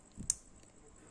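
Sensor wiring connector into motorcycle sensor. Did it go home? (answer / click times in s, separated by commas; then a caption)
yes / 0.3 s. A plastic sensor wiring connector is pushed onto a motorcycle sensor, with a soft low rustle of handling just before a sharp, bright click at 0.3 s. The connector clicks in and is seated firmly, followed by faint handling noise.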